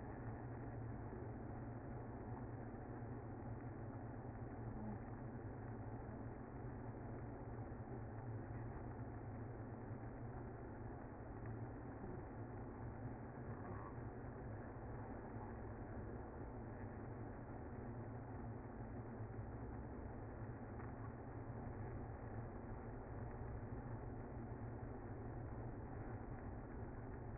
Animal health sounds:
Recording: honeybee colony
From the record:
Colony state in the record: active

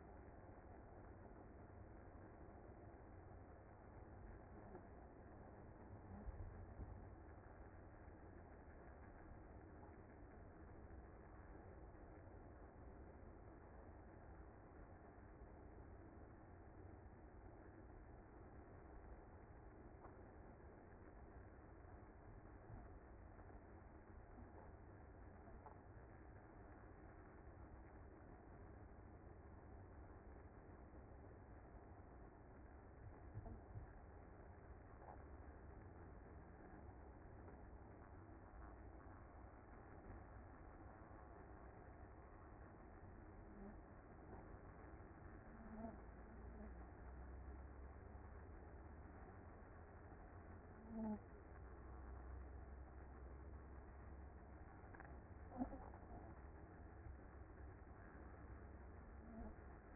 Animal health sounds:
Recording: honeybee colony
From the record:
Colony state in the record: active

